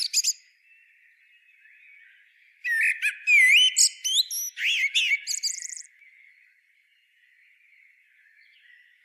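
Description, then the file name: Common blackbird song: a few brief high notes, then a three-second phrase of clear fluted whistles and rapid scratchy twitters, then quiet. "Turdus merula"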